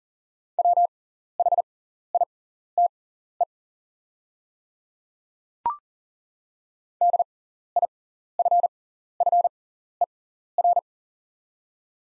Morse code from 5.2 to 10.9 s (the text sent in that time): DIFFER